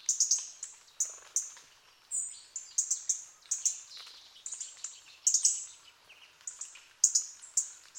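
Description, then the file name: European robin singing rapid, high-pitched twittering phrases with sharp whistled notes and trills, separated by short pauses over several seconds. "Erithacus rubecula"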